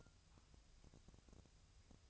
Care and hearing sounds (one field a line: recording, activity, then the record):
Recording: daily activity, microphone in the room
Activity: take from stove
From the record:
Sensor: 2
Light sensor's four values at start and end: 6/15/6/6 and 6/15/6/6